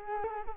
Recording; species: mosquito wingbeat signal from an infrared sensor; Culex quinquefasciatus